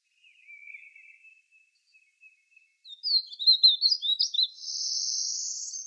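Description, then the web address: Painted bunting song: a soft thin warble first, then a quick run of high sweet tumbling notes ending in a sustained high buzzy trill. "Schulze Peter Painted Bunting song"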